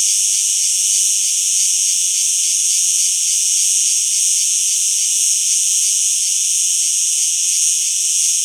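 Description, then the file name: Cicada singing, a harsh high whirring drone that stays even in loudness, with subtle regular pulses running through it. "Insectes- Cigales"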